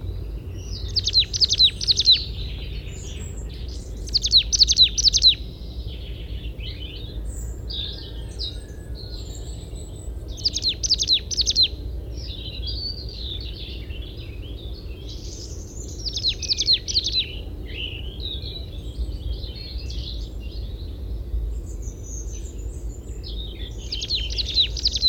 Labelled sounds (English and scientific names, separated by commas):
Willow Tit (Poecile montanus) song